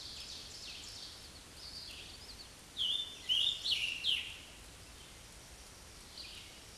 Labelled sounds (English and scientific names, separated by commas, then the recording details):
Scarlet Tanager (Piranga olivacea) song
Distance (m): 15 m
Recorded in a Pennsylvania forest on 19 May 2023 at 11:02
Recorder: AudioMoth, point grid1_26_low
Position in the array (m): 189 m, 35 m